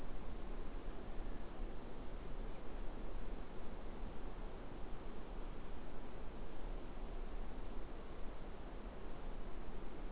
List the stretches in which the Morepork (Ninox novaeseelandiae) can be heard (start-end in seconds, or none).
none